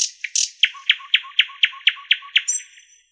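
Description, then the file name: Nightingale song: a few high notes, then a loud phrase of about eight sharp repeated notes, ending in thin high whistles. "solovey"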